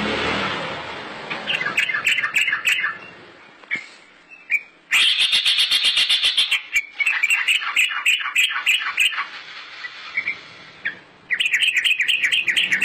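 Bird song as dense, fast runs of high chirps and trills, loud and nearly continuous, with brief pauses between phrases.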